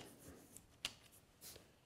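The drawer-side member of a metal ball-bearing drawer slide is pushed back into the cabinet-side mechanism, where it catches the retainer. A faint tick at 0.6 s is followed by a sharp metallic snap at 0.9 s as it seats in place, then a soft sliding rustle near 1.5 s. The slide is seated and ready to use again.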